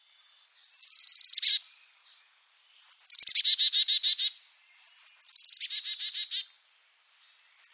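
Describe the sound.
Carolina chickadee giving three chick-a-dee calls, each a high thin opening note followed by a rapid run of buzzy dee notes, separated by short pauses, then the start of a fourth, in quiet surroundings.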